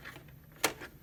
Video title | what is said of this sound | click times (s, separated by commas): HOW TO REPLACE THE TOP COVER ON A iRoot Roomba | Okay. Make sure it clicks. Okay, that's it. | 0.6 s